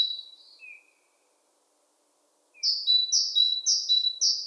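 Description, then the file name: Great tit with a fading two-note phrase and a soft lower note, silence, then a loud bout of four to five high-then-low two-note phrases. "Parus major"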